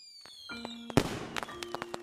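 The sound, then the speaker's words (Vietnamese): Fireworks set off at night by several houses in a neighbourhood go off in a loud burst of bangs, followed by a scatter of sharp crackling pops and a few whistling tones trailing through the sky. “Tối đêm đó, mấy nhà trong xóm đốt pháo bông sớm. Tiếng đì đùng lâu lâu lại nổ vang trời.”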